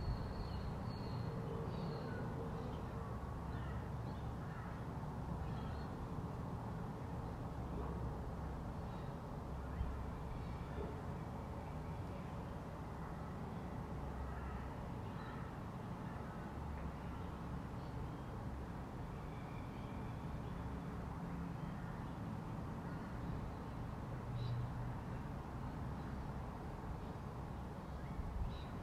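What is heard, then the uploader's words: A quiet residential street hums with steady low traffic noise from nearby roads, while scattered bird chirps and faint distant clanks surface now and then. Quiet residential noise. Quiet neighbourhood. Sunny day with gentle gusts of wind. Regular traffic nearby, with the odd car driving past. Soft distant noise of construction randomly. Birds chirping.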